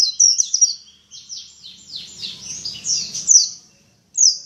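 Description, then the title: White-eye song: rapid high twittering phrases of descending chirps with a brief pause, then a final short burst after a gap; faint low hum underneath. 'Dakun ngalas ngeroll' song. "Pleci Dakun Ngalas Ngeroll"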